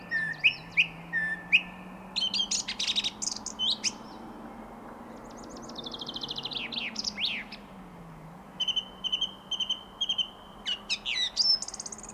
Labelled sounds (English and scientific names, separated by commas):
Song Thrush (Turdus philomelos) song